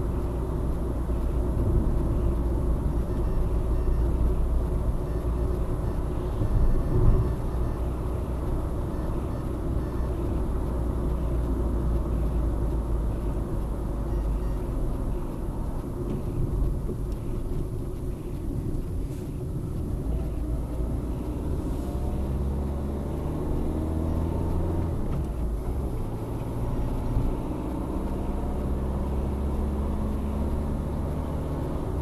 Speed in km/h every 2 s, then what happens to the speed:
63, 61, 61, 60, 62, 63, 58, 48, 39, 27, 28, 34, 39, 46, 52, 57.
0-11 steady at about 61. 11-18 brakes to 27. 18-32 speeds up to 57.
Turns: 16-21.